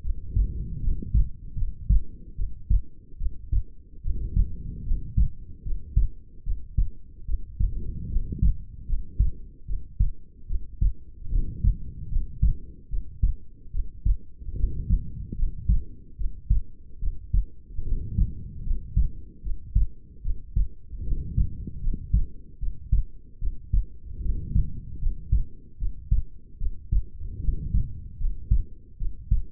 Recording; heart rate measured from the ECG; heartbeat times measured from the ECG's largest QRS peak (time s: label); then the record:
heart sounds by stethoscope; 75 bpm
0.01 s: heartbeat
0.80 s: heartbeat
1.55 s: heartbeat
2.35 s: heartbeat
3.17 s: heartbeat
4.01 s: heartbeat
4.84 s: heartbeat
5.63 s: heartbeat
6.43 s: heartbeat
7.25 s: heartbeat
8.08 s: heartbeat
8.86 s: heartbeat
9.65 s: heartbeat
10.47 s: heartbeat
11.29 s: heartbeat
12.09 s: heartbeat
12.88 s: heartbeat
13.71 s: heartbeat
14.55 s: heartbeat
15.35 s: heartbeat
16.16 s: heartbeat
16.99 s: heartbeat
17.83 s: heartbeat
18.63 s: heartbeat
19.41 s: heartbeat
20.22 s: heartbeat
21.03 s: heartbeat
21.80 s: heartbeat
22.58 s: heartbeat
23.39 s: heartbeat
24.21 s: heartbeat
24.99 s: heartbeat
25.77 s: heartbeat
26.58 s: heartbeat
27.40 s: heartbeat
28.18 s: heartbeat
28.97 s: heartbeat
From the record:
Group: healthy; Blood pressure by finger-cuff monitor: 108/69 mmHg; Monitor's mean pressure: 86 mmHg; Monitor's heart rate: 75 bpm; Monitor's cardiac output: 6.9 L/min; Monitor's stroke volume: 93 mL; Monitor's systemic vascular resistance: 920 dyn s/cm5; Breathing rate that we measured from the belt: 18 breaths a minute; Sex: female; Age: 22 years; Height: 160 cm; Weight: 45 kg